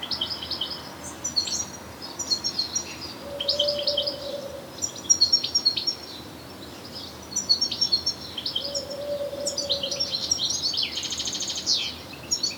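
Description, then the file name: European goldfinch chattering in quick tinkling bursts, with a buzzy trill near the end and a low steady hum twice in the background. "Carduelis carduelis"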